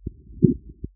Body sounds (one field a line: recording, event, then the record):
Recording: neck accelerometer signal played as sound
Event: voluntary cough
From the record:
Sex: male